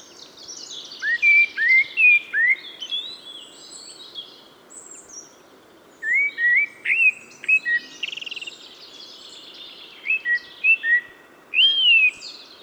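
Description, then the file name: Eurasian blackbird song of rising whistled notes ending in high twittery flourishes, repeated in three bursts with pauses between. "Turdus merula"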